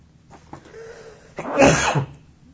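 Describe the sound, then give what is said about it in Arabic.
A single sneeze: a short, breathy intake followed by a loud, harsh burst of air that fades over about half a second, with no talking. “الحمد لله. رحمك الله.”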